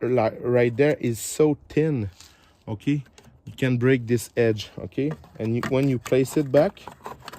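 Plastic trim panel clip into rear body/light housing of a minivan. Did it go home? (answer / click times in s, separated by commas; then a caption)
no / none. Someone talks while handling a thin plastic rear trim panel on a 2015–2021 Kia Sedona minivan, about to press its clips back into the rear body and light housing over the light area; the edge is thin and can break. Only speech is heard, and nothing has seated or clicked yet.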